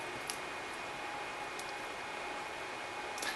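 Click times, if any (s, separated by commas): 0.3 s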